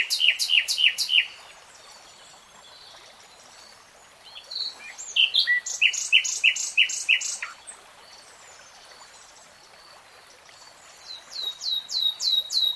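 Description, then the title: Nightingale song: several phrases of loud, rapidly repeated sweeping notes separated by pauses, with varied whistles between them. Nightingale singing in real time. "[Tiếng chim hót] REALTIME Nightingale Singing"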